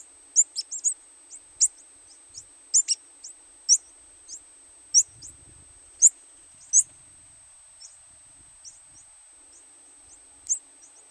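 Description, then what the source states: White-winged diuca finch giving short, high, sharp chips, scattered irregularly and sometimes in quick pairs, over a steady faint high tone. Recorded at the Quelccaya ice cap, Peru.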